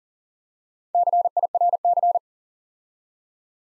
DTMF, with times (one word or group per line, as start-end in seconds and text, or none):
none